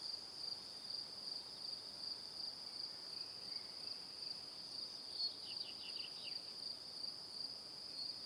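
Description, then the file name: Crickets give a constant high chirping drone; past the middle a short series of quick descending notes breaks in briefly. Evening. "Calm - Evening Crickets"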